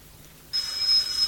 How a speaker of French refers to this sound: Madame, on sonne à la porte d'entrée.